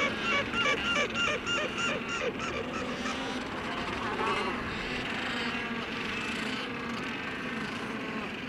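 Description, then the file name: Black-browed albatross courtship calls, a quick pulsed rattling series at the start, then a continuous babble of overlapping calls. Courtship display (parade) of black-browed albatrosses. "Philippe Lambret - Albatros sourcils noirs - parade"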